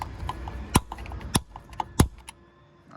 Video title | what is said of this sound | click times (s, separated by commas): Hyundai Veloster N Yakima Roof Racks | two clicks three times all | 0.8 s, 1.3 s, 1.8 s, 2.0 s